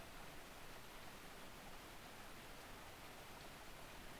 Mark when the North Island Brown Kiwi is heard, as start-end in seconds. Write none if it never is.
none